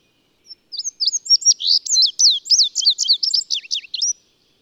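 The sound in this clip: Bird song, a rapid varied phrase of high chirps and slurred notes lasting about three and a half seconds.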